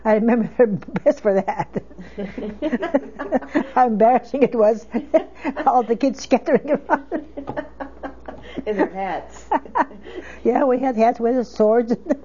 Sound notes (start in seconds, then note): 3.6 they laugh; 7.6 they laugh